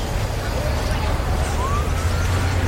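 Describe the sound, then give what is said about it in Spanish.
James Cameron's '3D Bus' rumbles past with a steady, low engine drone and constant road noise, while a faint rising whine slides up briefly midway through. “¡Apartaos, peatones! ¡Dejad paso al autobús de James Cameron!”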